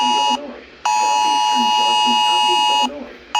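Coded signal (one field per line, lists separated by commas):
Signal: Emergency Alert System (SAME) tones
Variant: 853 and 960 Hz attention tone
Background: speech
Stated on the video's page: Tornado warning EAS alert together with a recording of a tornado siren.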